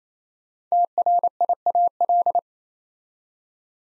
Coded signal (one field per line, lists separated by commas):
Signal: Morse code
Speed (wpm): 28 wpm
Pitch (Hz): 700 Hz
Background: none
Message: TRIAL